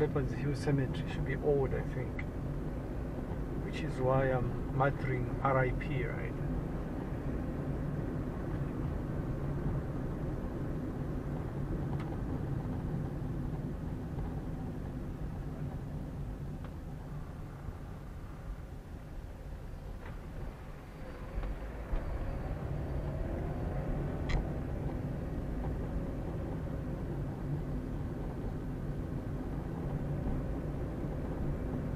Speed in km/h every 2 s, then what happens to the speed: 29, 31, 31, 32, 34, 31, 27, 22, 14, 11, 9, 16, 25, 28, 29, 31.
0-8 steady at about 31. 8-20 slows to 9. 20-32 speeds up to 31.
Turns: none.